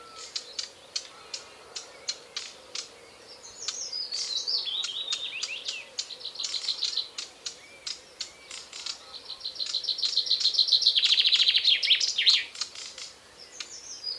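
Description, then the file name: Common Chaffinch song: a descending series of bright notes midway, then a loud, fast, high trill near the end, with sharp ticking clicks repeated throughout. "Fringilla coelebs"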